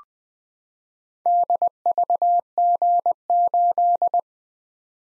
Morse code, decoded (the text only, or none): DVG8